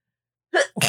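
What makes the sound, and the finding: Adult. Sneeze.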